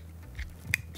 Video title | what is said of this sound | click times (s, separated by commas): BridgeCom Echo GMRS Radio Quickstart Guide | right in you'll hear a click | 0.7 s